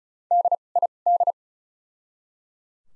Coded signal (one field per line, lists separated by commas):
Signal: Morse code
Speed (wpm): 34 wpm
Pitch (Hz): 700 Hz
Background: none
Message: D I D